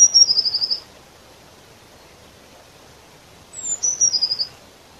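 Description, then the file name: Eurasian blue tit giving two high calls a few seconds apart, each a thin descending note followed by a quick series of pulses. "Cyanistes caeruleus"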